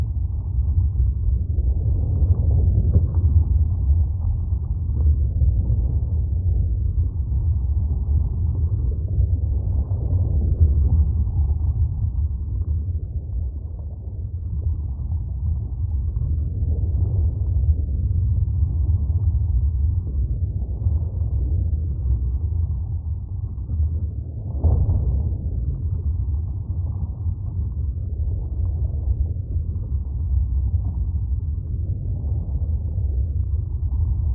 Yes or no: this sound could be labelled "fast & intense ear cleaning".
no